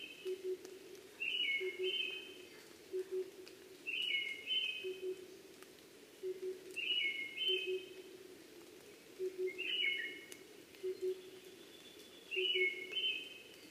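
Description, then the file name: Brown-headed thrush song: short whistled phrases of two or three clear notes, the last dropping, repeated several times, over low, steady paired notes. Recorded 12 June 2010 at 03:45. "akahara tutudori-20100612-0345"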